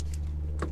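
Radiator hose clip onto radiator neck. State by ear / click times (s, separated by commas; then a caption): not seated / none. A radiator hose end with its retaining clip is handled at the radiator neck of a BMW E39 530i (M54/M52tu) during reinstallation after a head gasket repair, giving a few brief handling noises over a steady low hum. Nothing has seated or clicked yet.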